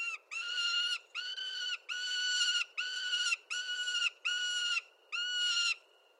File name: Prairie Falcon - Falco mexicanus